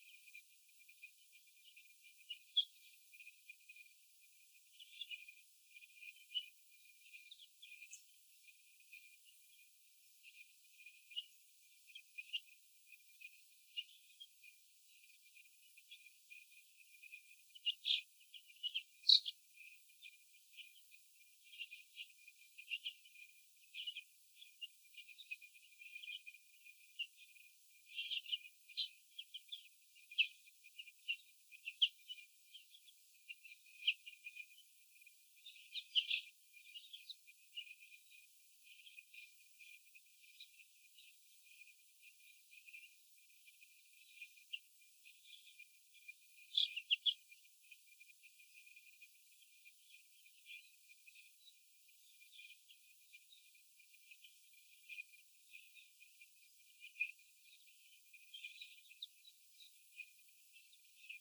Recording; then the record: young laying hens in a cage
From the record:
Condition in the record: after the stressor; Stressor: sudden umbrella opening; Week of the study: 2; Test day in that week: 1